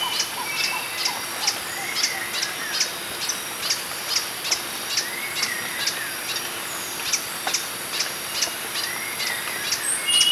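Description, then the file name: Green hermit call: thin, high, clipped notes repeating roughly twice each second, with a few lower curving whistles and continuous insect buzz underneath. "Phaethornis guy - Green Hermit"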